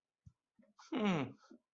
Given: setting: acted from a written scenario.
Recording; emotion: vocal sound without words; neutral